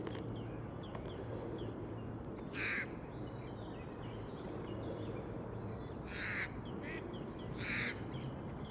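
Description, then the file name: Eurasian jay calls: three rasping, noisy screeches, the last two closer together, with faint high notes and a steady low drone throughout. "Garrulus glandarius"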